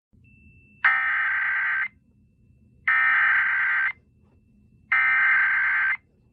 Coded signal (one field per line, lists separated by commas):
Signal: Emergency Alert System (SAME) tones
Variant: header bursts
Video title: EAS Scenario #4 The 450 MPH Tornado